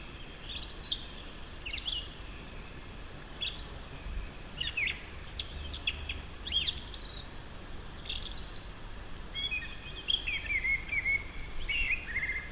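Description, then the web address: Song thrush song: varied phrases of sharp high notes and lower warbled figures, separated by short pauses, with a faint low rumble. "ljud Turdus philomelos"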